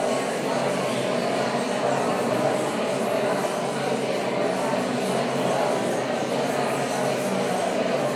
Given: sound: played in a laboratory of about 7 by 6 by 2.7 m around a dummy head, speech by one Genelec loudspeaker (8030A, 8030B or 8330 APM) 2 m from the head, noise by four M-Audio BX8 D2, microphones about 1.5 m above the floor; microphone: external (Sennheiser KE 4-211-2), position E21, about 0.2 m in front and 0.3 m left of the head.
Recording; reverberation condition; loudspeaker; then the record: babble noise; high; four, about 170 cm from the corners of the room and facing them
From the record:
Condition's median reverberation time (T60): about 1300 ms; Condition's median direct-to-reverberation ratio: about -4.0 dB